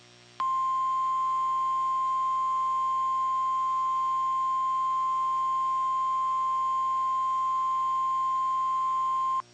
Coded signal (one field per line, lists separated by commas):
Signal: Emergency Alert System (SAME) tones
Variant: 1050 Hz attention tone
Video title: Lot8s & Weatherscan with EAS during Tornado Emergency - Nashville/Hendersonville, TN (12/9/23)